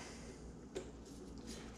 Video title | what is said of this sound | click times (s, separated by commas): 26. Cleaning the Viscometer | the top push in until you hear that click and then | 0.8 s